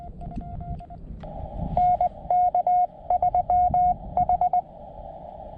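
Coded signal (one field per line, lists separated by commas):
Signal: Morse code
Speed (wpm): 20 wpm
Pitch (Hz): 720 Hz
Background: none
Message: NK3H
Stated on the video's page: Paddle-sent Morse from a Summits on the Air activation of Needle Mountain, full activation with unedited QSOs and paddle miscues.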